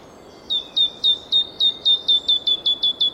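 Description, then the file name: Great tit call series: about a dozen short, high, down-slurred notes repeated quickly. "Parus major"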